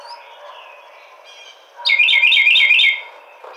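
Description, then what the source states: Carolina wren song: a loud burst of several rapid, rolling repeated phrases lasting just over a second, after faint background sounds. Recorded 30 April 2009.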